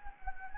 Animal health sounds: mosquito wingbeat signal from an infrared sensor; Anopheles gambiae

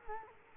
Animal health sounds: mosquito wingbeat signal from an infrared sensor; Culex quinquefasciatus

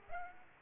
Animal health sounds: mosquito wingbeat signal from an infrared sensor; Aedes aegypti

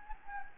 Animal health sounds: mosquito wingbeat signal from an infrared sensor; Anopheles gambiae

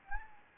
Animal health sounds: mosquito wingbeat signal from an infrared sensor; Anopheles gambiae

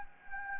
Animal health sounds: mosquito wingbeat signal from an infrared sensor; Anopheles gambiae

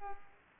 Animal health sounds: mosquito wingbeat signal from an infrared sensor; Culex pipiens

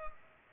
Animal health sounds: mosquito wingbeat signal from an infrared sensor; Culex pipiens

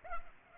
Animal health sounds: mosquito wingbeat signal from an infrared sensor; Culex pipiens

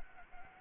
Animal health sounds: mosquito wingbeat signal from an infrared sensor; Anopheles gambiae

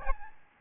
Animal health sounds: mosquito wingbeat signal from an infrared sensor; Aedes albopictus

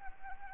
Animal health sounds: mosquito wingbeat signal from an infrared sensor; Anopheles arabiensis

